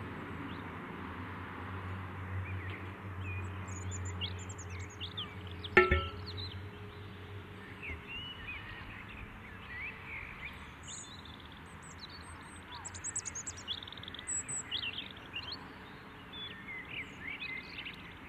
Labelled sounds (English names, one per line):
European Robin song